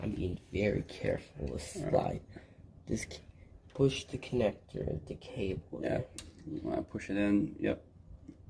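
During a U-Bolt smart deadbolt install, the ribbon cable connector from the exterior lock unit is carefully pushed toward the interior unit's socket while people talk. Only speech and faint handling noises are heard, and the connector has not seated or clicked in yet.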